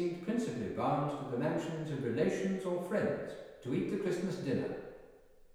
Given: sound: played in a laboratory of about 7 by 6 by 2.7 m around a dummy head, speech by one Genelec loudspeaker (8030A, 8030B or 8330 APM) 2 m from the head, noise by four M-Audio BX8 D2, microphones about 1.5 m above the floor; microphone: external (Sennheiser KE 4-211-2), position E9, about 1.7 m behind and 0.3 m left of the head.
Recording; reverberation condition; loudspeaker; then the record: male speech in English; high; 90 degrees to the right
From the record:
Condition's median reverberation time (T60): about 1300 ms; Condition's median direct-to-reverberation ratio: about -4.0 dB